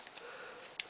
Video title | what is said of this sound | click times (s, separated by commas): Transformers G1 Cyclonus / Universe Classics 2.0 Cyclonus Review | piece clicks right in and same way this way it clicks right in bring | 0.1 s, 0.8 s